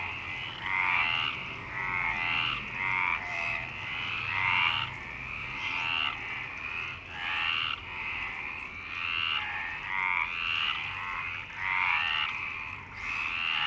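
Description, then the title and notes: Many frogs croak together, a continuous ratcheting chorus of short raspy pulsed calls overlapping throughout. Frogs in Parc Longchamp, Marseille, Provence-Alpes-Côte d'Azur, France, 26 March 2011 at 19:35, recorded with a MixPre-6 and BASIC UCHO. "Marseille, Provence-Alpes-Côte d'Azur, France - 26_03_11_19_35 Longchamps_004 grenouilles. Grenouilles au parc de Longchamp MIXPRE 6 + BASIC UCHO"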